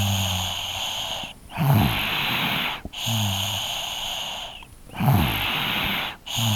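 Regular sleep breathing at about 20 breaths a minute, each breath in carrying a low, buzzing snore followed by a noisy, airy breath out. This is snoring in a young child, from vibration of the soft tissues of the upper airway during sleep.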